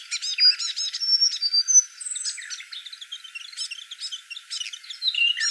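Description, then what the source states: Grey fantail singing a rapid, high twittering of thin squeaky notes and short sweet whistles, with sharp clicks, tumbling and uneven throughout. Garden bird in Canberra.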